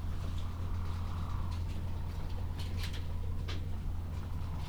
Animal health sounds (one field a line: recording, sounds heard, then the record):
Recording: poultry house recording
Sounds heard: healthy chickens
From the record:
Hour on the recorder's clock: 12